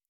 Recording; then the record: hydrophone in a shrimp aquaculture tank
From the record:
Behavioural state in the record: normal